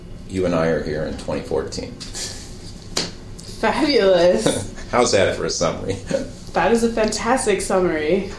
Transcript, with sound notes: you and I are here in 2014.
Fabulous!
[Laughs] How's that for a summary?
That is a fantastic summary!